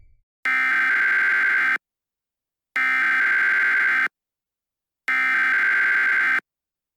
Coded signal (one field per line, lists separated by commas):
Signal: Emergency Alert System (SAME) tones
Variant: header bursts